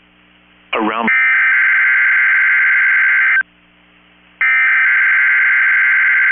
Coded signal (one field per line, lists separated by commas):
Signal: Emergency Alert System (SAME) tones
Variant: header bursts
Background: speech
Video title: 12/27/23 - Last Required Weekly Test of 2023 on KEC65 (EAS #961)